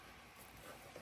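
A new oil filter cartridge for a McLaren 720S is handled as it is dropped into place in its filter housing cap during an oil change. Only a steady, low broadband hiss is heard, with a slight swell near the end and no sharp transient. Nothing has seated or snapped in yet.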